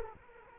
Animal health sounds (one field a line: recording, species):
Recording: mosquito wingbeat signal from an infrared sensor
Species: Culex quinquefasciatus